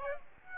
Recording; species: mosquito wingbeat signal from an infrared sensor; Aedes aegypti